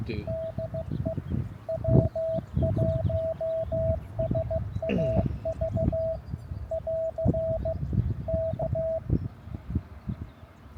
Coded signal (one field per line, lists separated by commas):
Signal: Morse code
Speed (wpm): 15 wpm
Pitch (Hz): 650 Hz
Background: none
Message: DE W1SAV <AR> K